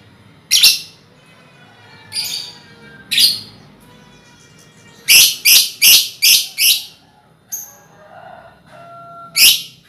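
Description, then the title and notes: Lovebird chatter: a few isolated shrill chirps, then a quick run of five harsh notes, followed by softer calls and a final loud chirp. Lovebird ngekek song style, used as a lure song (kicau pancingan). "Master Kicau Lovebird ngekek, kicau pancingan"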